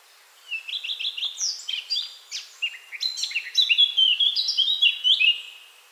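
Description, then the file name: Eurasian blackcap singing a chattering warble of quick notes that swells into a louder run of clear, fluty whistles before fading away. "Sylvia atricapilla"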